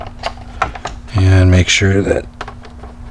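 A plastic cover is pressed back onto a GTO's console door-lock switch, rewired for a garage-door fob, and it snaps into place with a sharp click at 0.6 s, its two tabs pulled in and seated. A few smaller clicks come around it, and someone talks.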